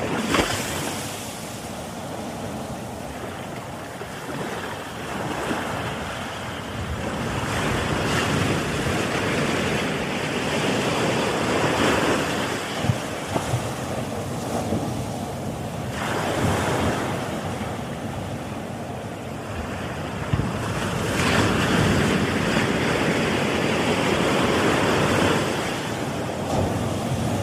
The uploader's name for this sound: Ocean Waves and Meditation Music